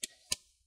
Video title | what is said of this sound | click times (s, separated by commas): Lenovo Ideapad 330 17Ikb Laptop Repaste Service maintenance | make sure all the i o sides are nicely in place press it down make sure you hit those clicks | 0.0 s, 0.3 s